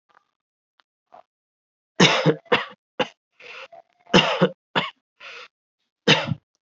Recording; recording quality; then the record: shallow voluntary cough; excellent, no background noise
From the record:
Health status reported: healthy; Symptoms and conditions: diabetes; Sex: male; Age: 38 years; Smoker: not ticked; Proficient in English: yes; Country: India